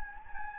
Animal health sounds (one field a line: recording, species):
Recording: mosquito wingbeat signal from an infrared sensor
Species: Anopheles gambiae